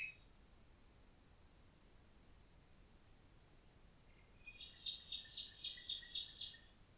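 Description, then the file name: Common nightingale song: after a quiet stretch, a fast run of sharp, evenly repeated high notes lasting about two seconds, over faint background hiss. "Nachtigall"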